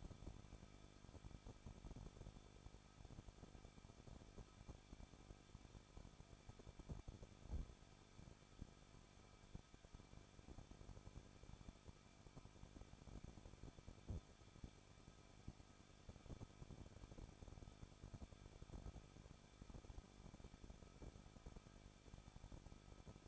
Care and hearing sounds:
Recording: daily activity, microphone in the room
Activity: no activity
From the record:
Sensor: 5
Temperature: 20.9 degrees Celsius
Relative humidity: 38.2%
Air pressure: 1006.4 hPa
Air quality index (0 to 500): 187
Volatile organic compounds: 18 ppm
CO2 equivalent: 2621 ppm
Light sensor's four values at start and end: 2/3/1/1 and 2/3/1/1

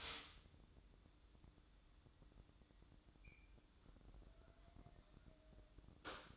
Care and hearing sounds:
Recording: daily activity, microphone in the room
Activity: stop toaster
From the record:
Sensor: 3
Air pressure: 1007.1 hPa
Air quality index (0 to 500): 55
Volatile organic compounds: 1 ppm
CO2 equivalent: 595 ppm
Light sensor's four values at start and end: 8/19/8/8 and 8/19/8/8

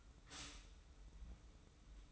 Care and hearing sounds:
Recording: daily activity, microphone in the room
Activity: stop toaster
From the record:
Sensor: 1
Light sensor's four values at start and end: 23/56/23/26 and 23/56/23/26

